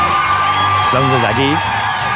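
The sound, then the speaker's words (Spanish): Steady crowd applause with cheering for Silvia Cebolla and the first-anniversary party of escuchetes, an Aragonese-language project, a dense wash of clapping throughout and a rising, wavering whoop from one voice in the middle. “Los aplausos desde aquí.”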